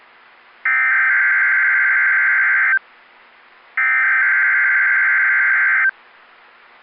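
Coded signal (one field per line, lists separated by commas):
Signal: Emergency Alert System (SAME) tones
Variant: header bursts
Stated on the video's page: Required weekly test from NOAA Weather Radio station on 162.500 MHz, transmitter in Holland, Ohio, Cleveland forecast office.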